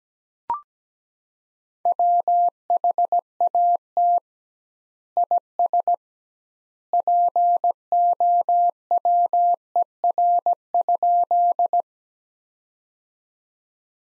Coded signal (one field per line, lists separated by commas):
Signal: Morse code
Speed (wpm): 17 wpm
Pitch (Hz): 700 Hz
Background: none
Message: WHAT IS POWER?